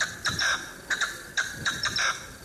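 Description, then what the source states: Partridge calls, a series of short harsh chattering bursts, with faint background hiss. Played back on a radio quiz.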